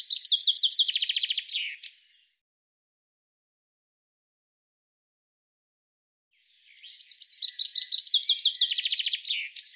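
Bird giving two bursts of rapid, high chattering trills separated by a few seconds of silence.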